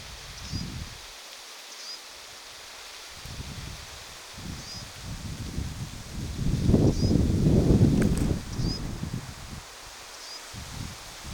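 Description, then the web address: Lesser whitethroat young giving several short, thin, high upslurred calls at intervals, over rustling leaves and low scuffing noise. Young bird, a chick, possibly giving attention-seeking calls; recorded 20 July 2026. "paivat 20 7 2026 tietaakseni hernekertun poikasen ehka huomioaantelya"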